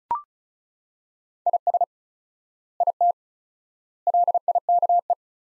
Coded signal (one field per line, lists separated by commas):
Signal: Morse code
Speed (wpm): 36 wpm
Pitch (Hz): 700 Hz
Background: none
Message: IS IT LIKE